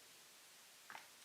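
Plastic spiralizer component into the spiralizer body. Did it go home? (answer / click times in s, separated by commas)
yes / 0.9 s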